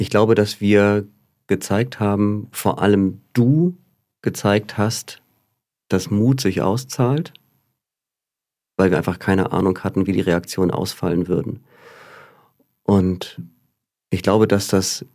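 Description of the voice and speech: One adult man speaks German clearly and fluently, with a steady low voice and natural pauses between phrases.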